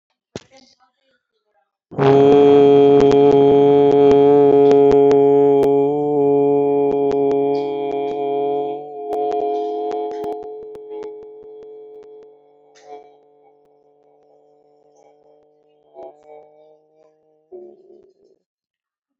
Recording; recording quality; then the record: sustained vowel as in boot; excellent, no background noise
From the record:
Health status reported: healthy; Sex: male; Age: 38 years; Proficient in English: yes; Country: India